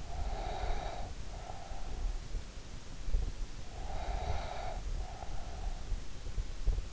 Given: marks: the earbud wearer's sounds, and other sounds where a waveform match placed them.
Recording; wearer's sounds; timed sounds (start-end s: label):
sounds in sleep by an in-ear microphone; breath
0.00-2.39 s: breath
3.68-5.98 s: breath